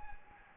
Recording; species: mosquito wingbeat signal from an infrared sensor; Anopheles gambiae